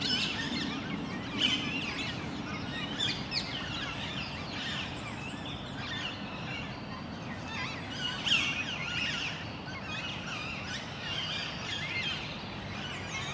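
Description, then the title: Shrill parakeet calls from a flock, harsh squawks overlapping, with sharper outbursts around one and a half and eight seconds, over low background rumble. Parakeets in Parc Duden, Forest, Brussels, Belgium, just before nightfall; recorded with a handheld recorder's internal XY microphones. "Parc Duden, Forest, Bruxelles-Capitale, Belgique - Parakeets - Perruches"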